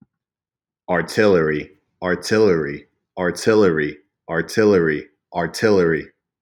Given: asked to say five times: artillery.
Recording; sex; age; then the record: repeated word; male; 20 to 29 years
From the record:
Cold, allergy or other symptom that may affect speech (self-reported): no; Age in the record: 27 years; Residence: Tennessee, United States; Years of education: 16